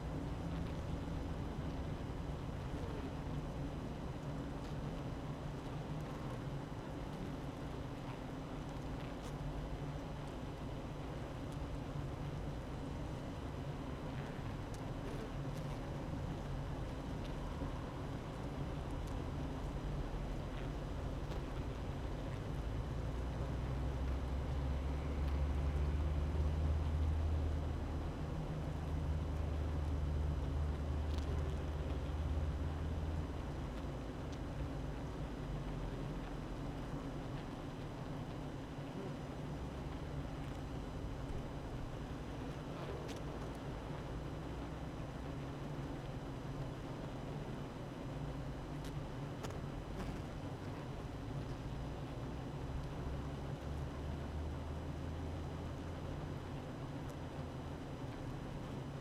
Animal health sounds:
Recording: honeybee colony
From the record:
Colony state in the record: active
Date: 12 June 2018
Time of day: 8:14

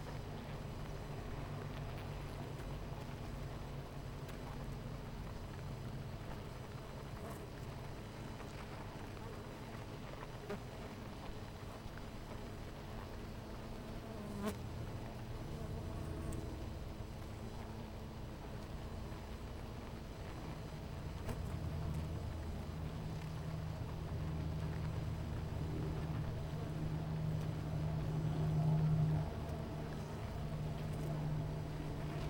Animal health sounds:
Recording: honeybee colony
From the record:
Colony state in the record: missing queen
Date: 14 July 2017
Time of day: 10:25

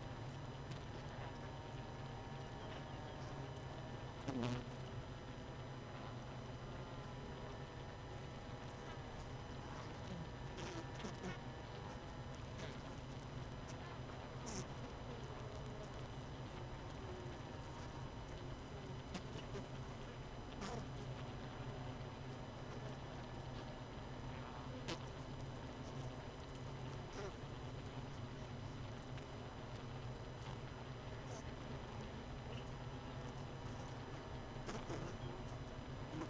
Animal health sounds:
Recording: honeybee colony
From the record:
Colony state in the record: missing queen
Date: 31 May 2018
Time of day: 18:23

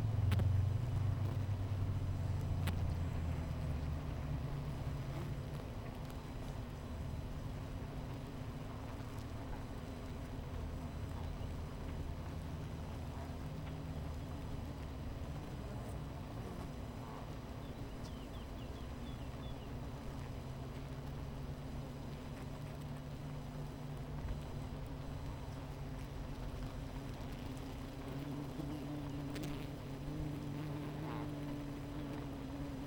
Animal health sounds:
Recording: honeybee colony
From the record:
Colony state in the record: missing queen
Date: 14 July 2017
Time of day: 11:11

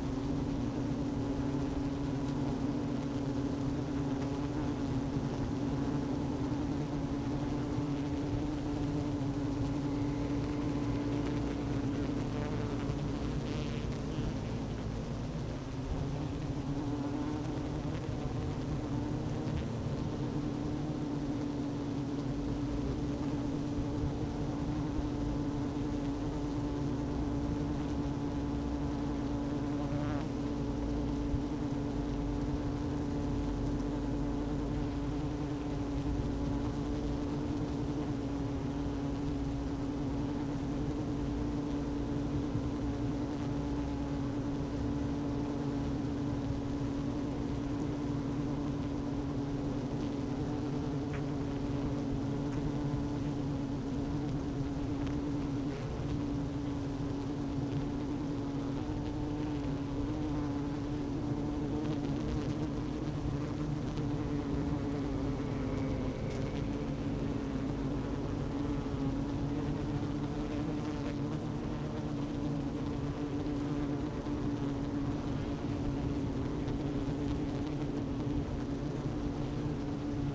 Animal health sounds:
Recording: honeybee colony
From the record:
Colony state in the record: active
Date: 12 June 2018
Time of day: 11:38

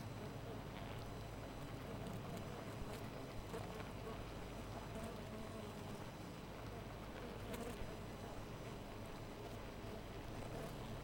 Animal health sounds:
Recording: honeybee colony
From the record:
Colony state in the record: missing queen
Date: 14 July 2017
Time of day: 4:02

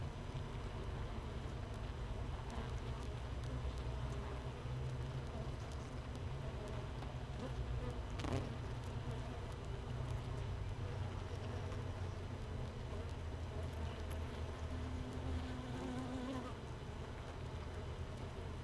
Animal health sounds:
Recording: honeybee colony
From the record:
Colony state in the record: missing queen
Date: 31 May 2018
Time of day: 15:20

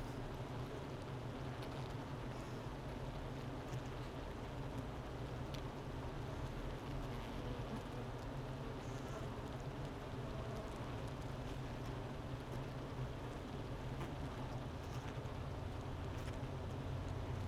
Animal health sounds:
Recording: honeybee colony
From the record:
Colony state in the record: missing queen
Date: 31 May 2018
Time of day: 11:01

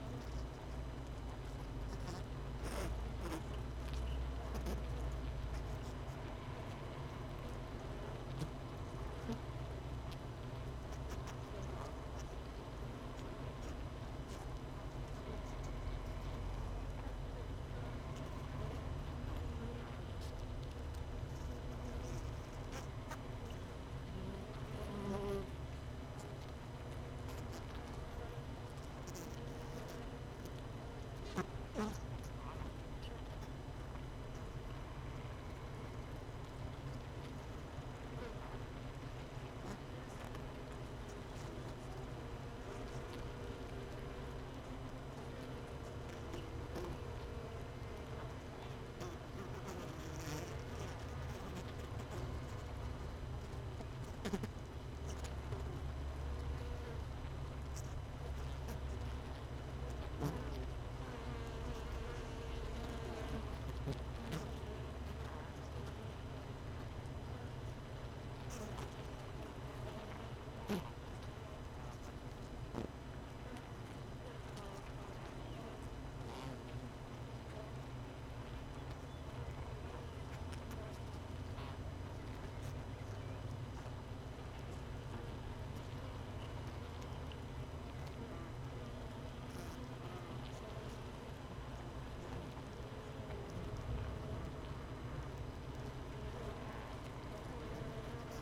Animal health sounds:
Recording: honeybee colony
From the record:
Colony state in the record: missing queen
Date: 31 May 2018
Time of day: 17:34

